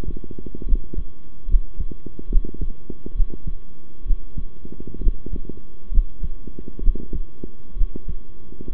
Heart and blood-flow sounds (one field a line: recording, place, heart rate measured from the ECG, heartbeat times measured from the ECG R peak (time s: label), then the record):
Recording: heart sounds by stethoscope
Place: between the tricuspid and mitral areas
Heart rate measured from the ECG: 67 bpm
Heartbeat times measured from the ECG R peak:
0.66 s: heartbeat
1.47 s: heartbeat
2.29 s: heartbeat
3.14 s: heartbeat
4.05 s: heartbeat
5.00 s: heartbeat
5.91 s: heartbeat
6.81 s: heartbeat
7.76 s: heartbeat
8.70 s: heartbeat
From the record:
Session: rest, sitting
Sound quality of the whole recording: good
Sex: male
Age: 23 years